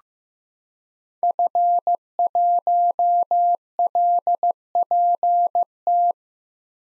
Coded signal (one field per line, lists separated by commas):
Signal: Morse code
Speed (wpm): 15 wpm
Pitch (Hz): 700 Hz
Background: none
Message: F1LPT